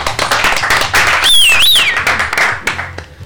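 A crowd applauds the guest band steadily with dense, continuous clapping, and a shrill whistle rises and falls in pitch partway through before the clapping thins out toward the end.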